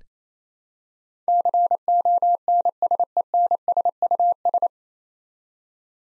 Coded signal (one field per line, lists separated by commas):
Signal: Morse code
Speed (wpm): 27 wpm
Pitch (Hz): 700 Hz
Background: none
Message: CONSENSUS